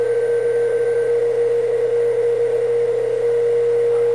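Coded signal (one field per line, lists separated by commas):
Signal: PSK31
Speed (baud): 31.25 baud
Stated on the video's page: PSK31 received on a Yaesu FT-897.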